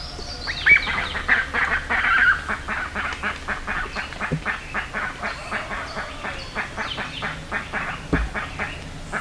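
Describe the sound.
Bird calls, many harsh clipped notes in quick succession, louder at first, then a steady chattering stream with a brief low thump near the end.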